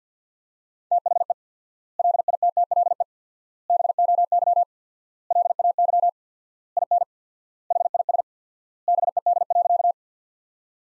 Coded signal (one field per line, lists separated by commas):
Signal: Morse code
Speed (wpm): 50 wpm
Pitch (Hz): 700 Hz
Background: none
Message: THE LITTLE BOY LAY IN HIS BED.